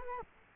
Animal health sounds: mosquito wingbeat signal from an infrared sensor; Culex quinquefasciatus

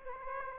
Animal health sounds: mosquito wingbeat signal from an infrared sensor; Aedes aegypti

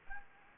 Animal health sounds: mosquito wingbeat signal from an infrared sensor; Aedes aegypti

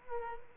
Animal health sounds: mosquito wingbeat signal from an infrared sensor; Culex quinquefasciatus

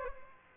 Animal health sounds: mosquito wingbeat signal from an infrared sensor; Aedes aegypti

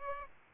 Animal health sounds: mosquito wingbeat signal from an infrared sensor; Aedes albopictus

